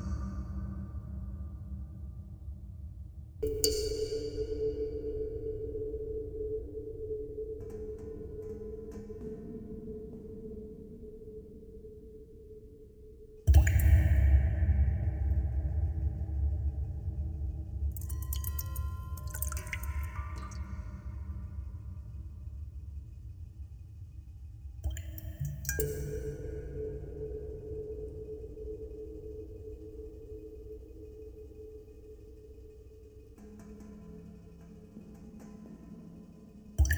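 A composition built from droplet sounds, arranged as three sudden bright hits, near 3, 13 and 25 seconds. Each one blooms into a steady ringing hum with a low rumble beneath, then slowly fades. Between hits, soft glassy pings and drips flicker above.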